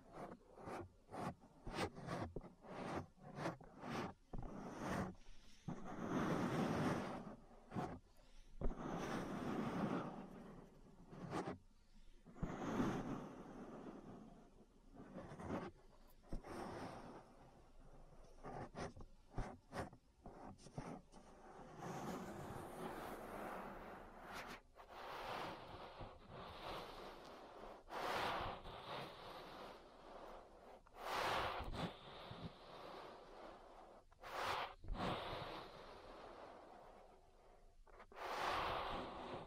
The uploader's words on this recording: ASMR Relaxing Ear Massage. (No Talking).